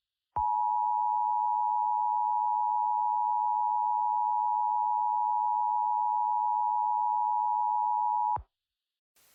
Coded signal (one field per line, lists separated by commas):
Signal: Emergency Alert System (SAME) tones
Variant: 853 and 960 Hz attention tone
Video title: THE ORPHAN SOURCE | EAS Nuclear Disaster Scenario